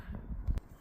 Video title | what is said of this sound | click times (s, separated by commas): DODGE GRAND CARAVAN DRIVER SEAT SWITCH PLASTIC TRACK/TRIM PANEL REPLACEMENT/REMOVAL/FIX/REPAIR EASY | When you're installing it back, make sure it's all the way in. Like you need to hear a click | 0.6 s